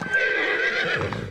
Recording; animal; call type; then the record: contact call of a hoofed animal; horse; whinny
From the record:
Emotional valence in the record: negative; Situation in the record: group separation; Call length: 1.31 s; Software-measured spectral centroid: 2000 Hz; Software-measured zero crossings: 2830 a second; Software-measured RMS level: -24 dBFS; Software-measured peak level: -11 dBFS